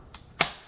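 A battery pack is slid onto the mating plate of a Hilti cordless angle grinder and clicks into its first locked transport position, where the tool is not live, short of full engagement. A faint tick comes at 0.1 s, then the sharp click at 0.4 s. The pack is locked in the transport detent but not fully engaged.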